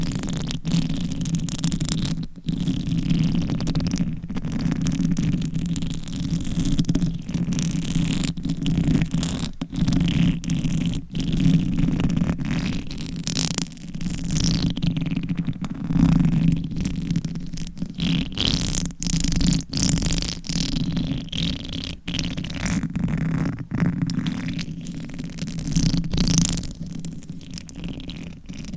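Reverse mic scratching: a thick, continuous low rumble runs the whole time, rough and rubbing. Frequent brief cut-outs break it at irregular moments, and thin whooshing, sweeping scrapes rise and fall in the higher range throughout.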